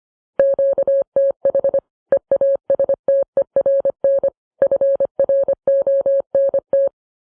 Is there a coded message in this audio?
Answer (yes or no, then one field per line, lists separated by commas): yes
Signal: Morse code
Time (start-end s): 0.4-6.9 s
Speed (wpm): 25 wpm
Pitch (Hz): 550 Hz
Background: none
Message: QTH EASTERN FRONT